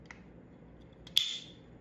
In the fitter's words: and that's how you know that you've locked it in pretty well.